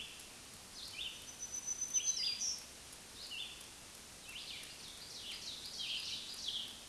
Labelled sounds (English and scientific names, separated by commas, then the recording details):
Black-throated Green Warbler (Setophaga virens) song
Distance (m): 15 m
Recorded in a Pennsylvania forest on 1 June 2023 at 06:14
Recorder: AudioMoth, point grid3_16_high
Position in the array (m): 243 m, 146 m